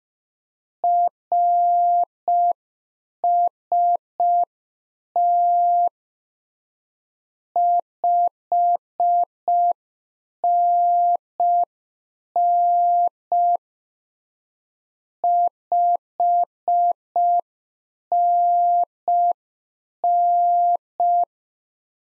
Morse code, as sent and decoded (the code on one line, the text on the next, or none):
.-. ... - / ..... -. -. / ..... -. -.
RST 5NN 5NN